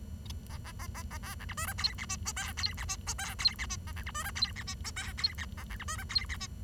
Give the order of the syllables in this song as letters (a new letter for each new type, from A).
A A A A A A B C D E F G H I J F G H I J F G H A B C D E F G H I J F G A B C D E F G H